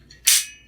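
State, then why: Seated. A metal deadbolt on an Elemake MKD-001 lock throws out from the lock into the door frame with a loud, sharp clack at 0.3 s, after a faint tick at 0.1 s. The bolt extends fully and the lock is locked.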